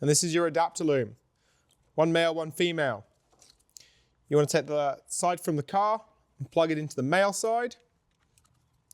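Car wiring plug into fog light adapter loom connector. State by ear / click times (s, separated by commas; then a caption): seated / 8.9 s. Someone talks while pushing a car wiring plug into the male side of a plastic fog light adapter loom connector, which has one male and one female side. A sharp click is heard at 8.9 s as the plug seats and can't be pulled apart.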